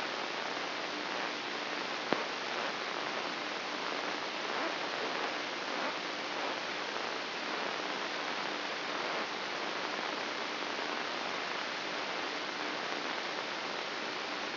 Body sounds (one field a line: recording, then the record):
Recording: brain microelectrode recording played as sound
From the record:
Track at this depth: inside the subthalamic nucleus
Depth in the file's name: 5.063 mm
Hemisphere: left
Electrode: 3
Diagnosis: Parkinson's disease